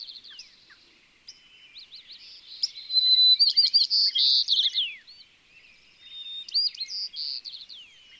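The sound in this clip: White-crowned sparrow song: a loud whistle into buzzy trills and down-slurred chirps, followed by a fainter repeat of the phrase.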